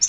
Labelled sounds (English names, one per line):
Yellow-rumped Warbler flight call